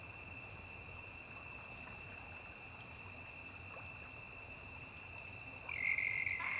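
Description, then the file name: Cricket song, a steady high continuous trill in several bright bands, with a short louder burst near the end. A single high-pitched cricket singing by a riverbank. "Grilo agudo isola cantando beira de rio"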